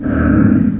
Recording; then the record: squeal of a Yucatan mini pig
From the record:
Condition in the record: after surgery on the right vocal fold (resection and tissue-engineered implant); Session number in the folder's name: 7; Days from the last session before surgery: 47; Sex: female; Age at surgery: 19 weeks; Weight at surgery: 25 kg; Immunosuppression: prednisolone